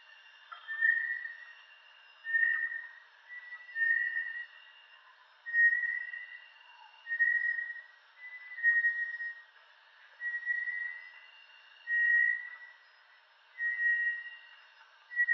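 Bartlett's tinamou repeating a whistled note about every one and a half seconds, steady in pitch, in a long regular series.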